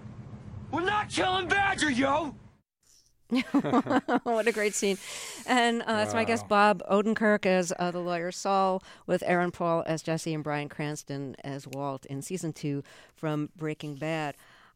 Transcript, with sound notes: We're not killing Badger, yo.
(LAUGHTER)
What a great scene. And that's my guest Bob Odenkirk as the lawyer, Saul, with Aaron Paul as Jesse and Bryan Cranston as Walt in season two from "Breaking Bad."